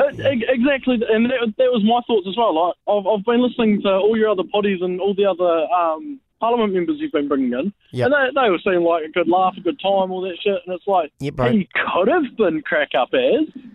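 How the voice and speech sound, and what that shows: An adult caller speaks casually and fluently over a thin, telephone-quality line in a New Zealand accent, with only a few ordinary word repeats and brief pauses. Voice quality, rate and articulation sound typical, with no sign of a speech disorder.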